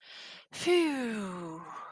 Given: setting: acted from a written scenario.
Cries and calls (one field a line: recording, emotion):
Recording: vocal sound without words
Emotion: relief